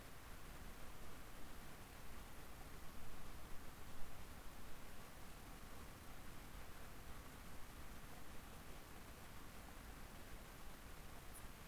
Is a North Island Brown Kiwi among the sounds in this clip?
no